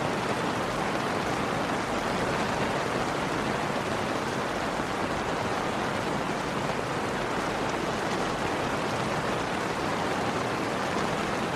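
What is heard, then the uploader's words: Rain falls in a dense, unbroken hiss that stays level from start to finish. The sound spreads evenly from a low rumble up to a bright top, with countless tiny drops blurring together and no separate events standing out. Serene Rain Sounds.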